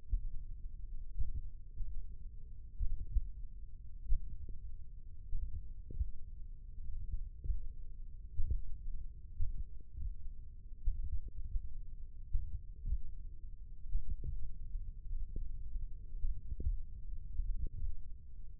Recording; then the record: forearm muscle sounds (acoustic myography)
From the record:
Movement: tripod grip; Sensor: system 1, eight BSWA MPA416 microphones around the upper forearm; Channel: 2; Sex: male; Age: 20 years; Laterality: left